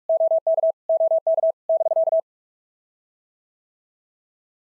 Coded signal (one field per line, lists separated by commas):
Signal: Morse code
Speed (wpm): 44 wpm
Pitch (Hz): 660 Hz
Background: none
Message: OK OK <BK>